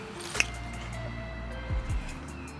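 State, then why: Seated. A USR smoked plastic side marker lamp with a white LED is pressed into its opening in the front fender of a 2021 Honda Civic Type R. It gives one sharp click at 0.4 s over a steady low hum and background music, and the lamp is seated. The lamp clicked in sooner than expected, and a check confirms it is in place.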